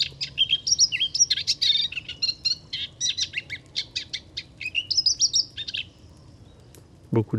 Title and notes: La Lusciniole à moustaches. 23 mars 2019. Chemin de Fangassier. Camargue. une magnifique roselière où chante une Lusciniole à moustaches (Acrocephalus melanopogon). Pas un souffle de vent